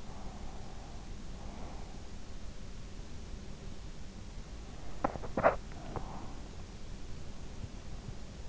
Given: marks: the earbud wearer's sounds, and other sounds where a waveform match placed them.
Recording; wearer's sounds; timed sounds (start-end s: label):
sounds in sleep by an in-ear microphone; breath, teeth grinding
0.07-2.04 s: breath
4.97-6.06 s: teeth grinding